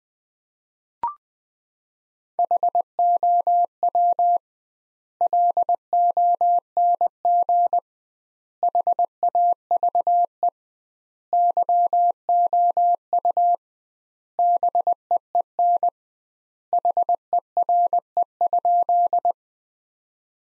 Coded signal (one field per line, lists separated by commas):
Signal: Morse code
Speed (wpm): 21 wpm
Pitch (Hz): 700 Hz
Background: none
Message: HOW LONG HAVE YOU BEEN HERE?